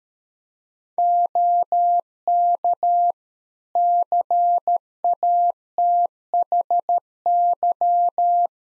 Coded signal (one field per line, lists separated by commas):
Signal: Morse code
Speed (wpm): 13 wpm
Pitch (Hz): 700 Hz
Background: none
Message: OK CATHY